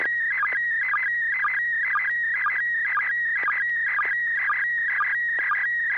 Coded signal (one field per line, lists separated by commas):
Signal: SSTV (slow-scan television)